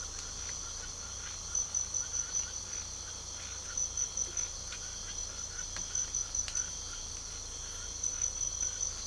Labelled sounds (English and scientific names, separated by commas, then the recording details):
none
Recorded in pastures near Puerto Asís, Putumayo, Colombia, on 18 December 2024 at 03:00
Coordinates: 0.497, -76.327
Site G088